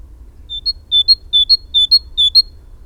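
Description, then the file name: Great tit song: a steady series of five paired whistles, a low note then a higher note, repeated rapidly and rhythmically. "Parus major"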